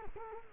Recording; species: mosquito wingbeat signal from an infrared sensor; Culex quinquefasciatus